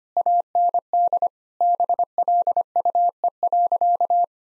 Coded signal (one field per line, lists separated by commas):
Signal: Morse code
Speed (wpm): 25 wpm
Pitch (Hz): 700 Hz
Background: none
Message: AND BLUE.